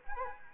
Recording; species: mosquito wingbeat signal from an infrared sensor; Anopheles arabiensis